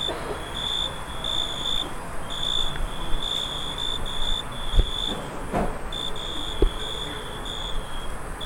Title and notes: Staré Mesto, Slovenská republika - true crickets. Cvrčky u Susedov na dvore